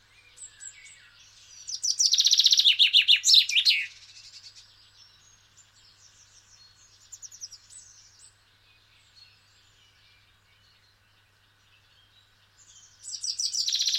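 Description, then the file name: Common chaffinch singing a loud, rattling, descending phrase that ends in a flourish, followed by soft scattered chirps; a fresh phrase starts again at the very end. "Fringilla coelebs"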